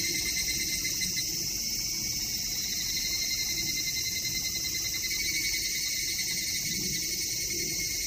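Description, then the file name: Evening cicada song, a steady, shrill high-pitched drone that holds unbroken for the whole stretch. "higurashi"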